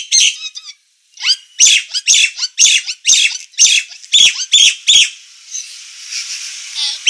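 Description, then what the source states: Nias hill myna song: a fast run of loud harsh squawks with bright whistled tones, about two per second, fading into hiss at the end. Title describes the bird as gacor (singing vigorously and continuously) and its voice as noisy.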